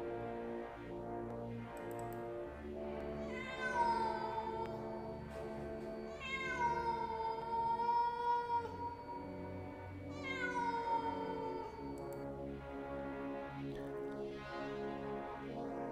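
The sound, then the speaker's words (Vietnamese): A cat suddenly yowls strangely in three long, drawn-out, wavering cries, each rising and sliding in pitch, separated by short pauses over a steady low droning background. “Nhưng con mèo của Long đột nhiên gào rú rất lạ lùng.”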